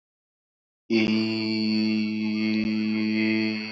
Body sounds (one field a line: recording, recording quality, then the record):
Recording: sustained vowel as in beet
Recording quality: excellent, no background noise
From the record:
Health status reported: exposed to COVID-19, no respiratory illness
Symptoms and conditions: cold, sore throat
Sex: male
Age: 33 years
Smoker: not ticked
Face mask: not worn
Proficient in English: yes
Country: India